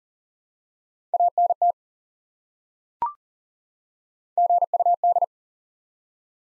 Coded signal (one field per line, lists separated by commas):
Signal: Morse code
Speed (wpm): 40 wpm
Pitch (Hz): 700 Hz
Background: none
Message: ANT GUD